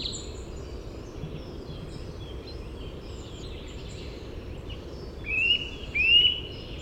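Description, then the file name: Eurasian nuthatch giving two rising whistled calls close together near the end, after a quiet stretch with faint high bird notes and hiss. "Sitta europaea"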